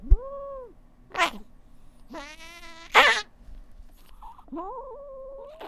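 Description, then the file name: Cat giving drawn-out harmonic yowls that rise and fall, broken by short harsh bursts, with a long wavering wail near the end. Angry cat. "MAD CAT"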